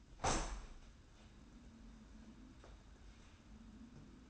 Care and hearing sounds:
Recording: daily activity, microphone in the room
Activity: open window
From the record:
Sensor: 2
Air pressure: 994.2 hPa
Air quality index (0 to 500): 211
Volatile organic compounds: 1000 ppm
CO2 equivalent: 6996 ppm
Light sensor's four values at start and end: 80/189/78/79 and 87/202/85/86

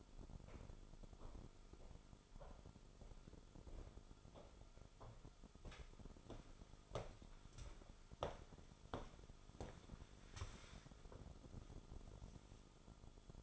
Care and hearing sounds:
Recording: daily activity, microphone in the room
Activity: walk to room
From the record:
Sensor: 5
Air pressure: 988.2 hPa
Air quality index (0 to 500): 148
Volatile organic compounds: 17 ppm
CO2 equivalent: 2587 ppm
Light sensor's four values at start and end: 53/158/62/66 and 55/153/62/69

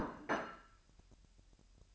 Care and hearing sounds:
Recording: daily activity, microphone in the room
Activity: place plate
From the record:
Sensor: 2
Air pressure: 1001.9 hPa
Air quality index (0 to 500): 248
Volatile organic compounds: 40 ppm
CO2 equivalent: 3144 ppm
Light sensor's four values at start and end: 8/28/11/10 and 8/28/11/10

